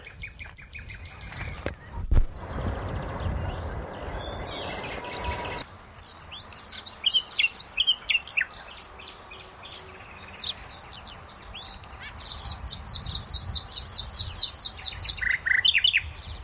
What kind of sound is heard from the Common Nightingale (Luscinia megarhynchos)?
song